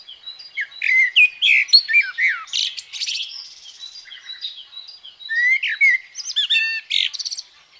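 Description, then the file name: Common blackbird song: two phrases of mellow whistled warbles, each running into high, scratchy twittering, with a quieter gap between them. "Merel"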